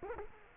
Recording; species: mosquito wingbeat signal from an infrared sensor; Culex quinquefasciatus